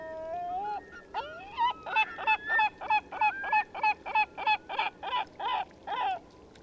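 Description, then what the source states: Eurasian curlew calls: a few rising whistles, then a fast rhythmic series of harsh, harmonic notes, about three a second, fairly steady. A flock taking off.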